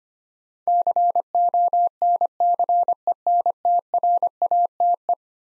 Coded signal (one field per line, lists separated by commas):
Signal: Morse code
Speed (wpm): 25 wpm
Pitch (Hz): 700 Hz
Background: none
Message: CONCENTRATE